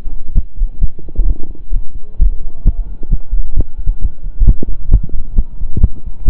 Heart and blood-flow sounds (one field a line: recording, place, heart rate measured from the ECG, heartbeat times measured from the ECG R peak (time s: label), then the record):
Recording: heart sounds by stethoscope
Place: between the tricuspid and mitral areas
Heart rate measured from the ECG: 132 bpm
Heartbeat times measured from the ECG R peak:
0.33 s: heartbeat
0.79 s: heartbeat
1.25 s: heartbeat
1.72 s: heartbeat
2.17 s: heartbeat
2.63 s: heartbeat
3.09 s: heartbeat
3.54 s: heartbeat
4.00 s: heartbeat
4.44 s: heartbeat
4.89 s: heartbeat
5.34 s: heartbeat
5.79 s: heartbeat
6.24 s: heartbeat
From the record:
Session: slow and fast walking with breaks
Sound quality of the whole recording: saturated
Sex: male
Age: 25 years